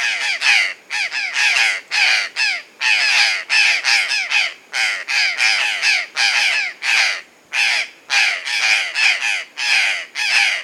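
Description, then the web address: Purplish jay giving loud, harsh, raspy caws in a long irregular series, with no other clear sounds. Recorded in Peru. "Birds of the Amazon 3. Purplish Jay (Cyanocorax cyanomelas), Peru"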